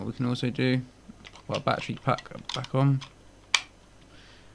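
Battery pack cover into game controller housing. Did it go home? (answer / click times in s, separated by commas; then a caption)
yes / 3.5 s. A battery pack cover is pushed back onto the back of an Xbox One game controller's plastic housing while someone talks. A single sharp snap is heard at 3.5 seconds as the cover seats back in place.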